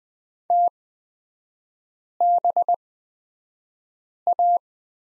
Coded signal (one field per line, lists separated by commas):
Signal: Morse code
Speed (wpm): 20 wpm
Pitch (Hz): 700 Hz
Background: none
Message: TBA